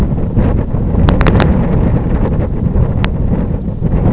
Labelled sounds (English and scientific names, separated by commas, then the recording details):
none
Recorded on Arctic tundra, site IGLO-F, on 26 June 2018
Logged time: 08:00